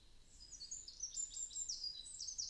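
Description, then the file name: European robin giving a high, thin warbling phrase of quick, tinkling notes over a steady background hiss. "Erithacus rubecula"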